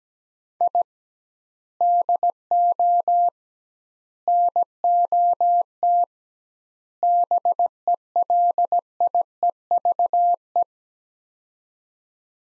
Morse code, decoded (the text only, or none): I DO NOT BELIEVE